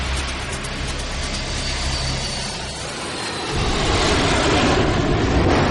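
A steady, rumbling engine roar of a crowded low-cost passenger plane with a low droning hum, turning rougher and louder partway through, like the clattering rumble of the Badrasheen train. No voices are heard.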